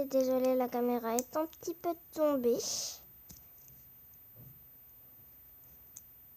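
A plastic part of a customized toy figure is being handled and pressed toward the figure body, where each part has to clip in or everything comes apart. Someone talks for the first three seconds, then quiet handling follows with a faint knock around 4.4 s and a brief sharp tick at 6.0 s. Nothing has seated or clicked yet.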